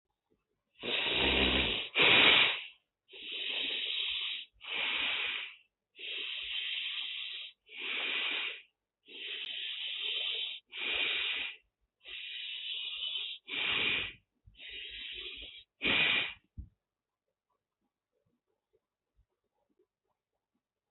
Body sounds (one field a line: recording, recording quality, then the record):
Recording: deep breathing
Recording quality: excellent, no background noise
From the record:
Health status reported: healthy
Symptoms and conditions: diabetes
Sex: male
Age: 35 years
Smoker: not ticked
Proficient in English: yes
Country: India